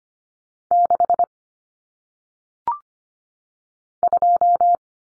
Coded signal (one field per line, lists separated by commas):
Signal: Morse code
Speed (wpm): 25 wpm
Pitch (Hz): 700 Hz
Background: none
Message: 6 2